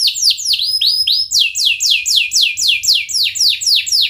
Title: Kenari Gacor Cengkok Terbaik Isian Paling Mewah Kenarigacor Kicaumania Kenari